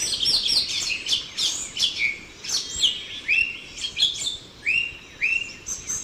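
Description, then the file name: Ochre-breasted tanager calls: dense high chirps followed by several arched, slurred whistled notes given in quick succession. "Chlorothraupis stolzmanni - Ochre-breasted Tanager"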